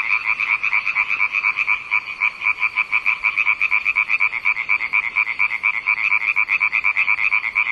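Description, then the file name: Steady frog croaking, rhythmic pulsed calls about two per second, continuing unbroken from start to finish. "zaby"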